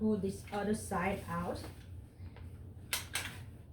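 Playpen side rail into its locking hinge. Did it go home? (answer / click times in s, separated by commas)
yes / 2.9 s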